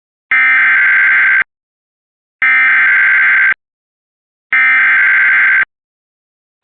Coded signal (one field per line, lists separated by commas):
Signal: Emergency Alert System (SAME) tones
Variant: header bursts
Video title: EAS alert from 6/14/25